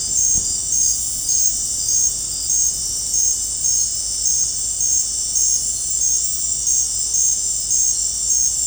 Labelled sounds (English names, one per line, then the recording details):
none
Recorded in dense forest near Puerto Asís, Putumayo, Colombia, on 20 December 2024 at 19:30
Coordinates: 0.481, -76.323
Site G100